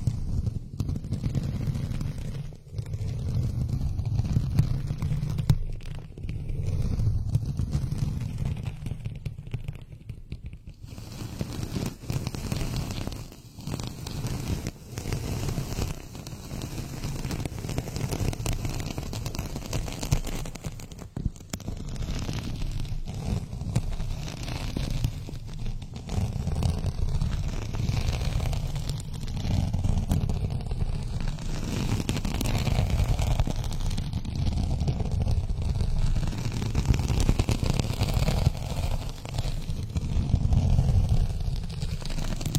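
Fingernails scrape and rub against a microphone in an unbroken, gritty rumble that is heaviest in the low end. The scratching is dense and irregular, with crackly bursts, short lulls near 3, 11 and 21 seconds, and a brighter, busier texture in the second half.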